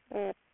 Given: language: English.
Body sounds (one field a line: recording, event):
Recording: throat vibration sensor signal played as sound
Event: speech